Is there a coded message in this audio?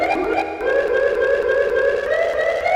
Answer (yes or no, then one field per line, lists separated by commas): no